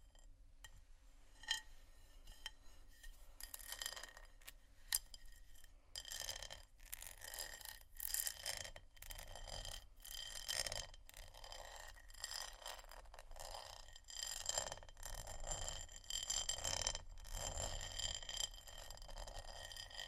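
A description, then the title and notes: Tapping and scratching on glass and bamboo, with light water sounds. It starts sparse, with a few sharp clinks in the first five seconds, then becomes a dense, busy stream of scratchy strokes and quick taps over a low, steady rumble. Tapping, water, scratching, glass, bamboo, etc(No Talking).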